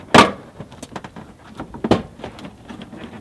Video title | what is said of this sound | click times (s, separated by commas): CUSTOM APR MUSTANG SPLITTER!! | You grab it and you pop it out, and you'll hear it pop. | 1.9 s